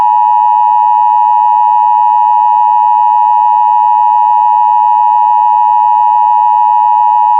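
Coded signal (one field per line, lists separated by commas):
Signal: Emergency Alert System (SAME) tones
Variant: 853 and 960 Hz attention tone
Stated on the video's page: Mock EAS alert, a fictional scenario that uses valid SAME tones.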